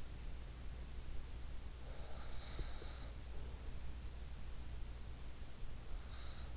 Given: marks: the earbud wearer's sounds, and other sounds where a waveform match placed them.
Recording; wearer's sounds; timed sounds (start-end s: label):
sounds in sleep by an in-ear microphone; breath
1.13-4.09 s: breath